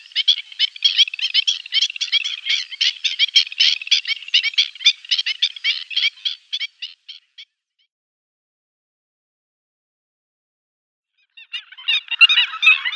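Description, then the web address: Black-winged stilt calling in a rapid, scratchy series of nasal yelps that fades out, then a burst of harsh notes after several seconds of silence. "Schulze Peter Black-winged Stilt"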